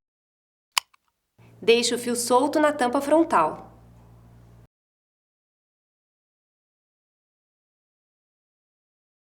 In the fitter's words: a caixa de bobina lançadeira até ouvir um clique